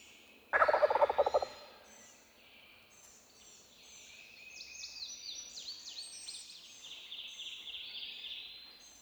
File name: Wild Turkey - Meleagris gallopavo